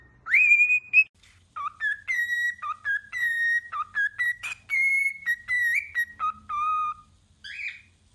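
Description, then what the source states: Cockatiel whistling a broken song of clear, level tones, some held long, some short, stepping up and down in pitch with brief pauses. More than one cockatiel, singing with whistles.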